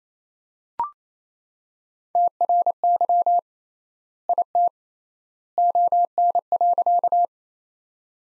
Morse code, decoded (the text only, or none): TRY IT ON.